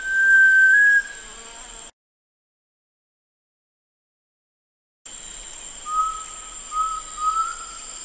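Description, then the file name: Sunbittern whistling: one sustained pure note first, then after silence a lower, softer whistle that swells three times, backed by a steady high hum. "canto do pavaozinho do para"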